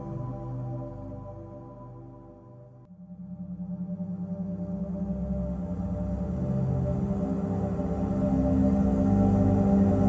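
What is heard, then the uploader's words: A low, steady 174Hz tone hums with a pulsing throb, briefly dipping before three seconds, then swelling steadily louder and fuller toward the end. Pain Relief Sounds - Solfeggio Frequency 174Hz.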